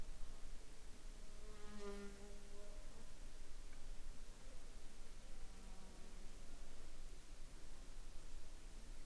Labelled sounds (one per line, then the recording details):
aircraft
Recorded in the Arctic National Wildlife Refuge, Alaska, on 6 July 2021 at 15:03
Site 49